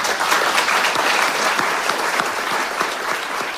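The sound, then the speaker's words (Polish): Steady audience applause, kept by Polish Radio Trójka to recall Czesław Miłosz's visits as a guest, a dense, even patter of many hands clapping at a constant loud level for several seconds, with no voices over it. “Zachowaliśmy te oklaski po to, by przypomnieć, że Czesław Miłosz bywał naszym gościem i o ile dobrze pamiętam, ale nie chcę tego sprawdzać, był aż dwukrotnie w studiu imienia Agnieszki Osieckiej.”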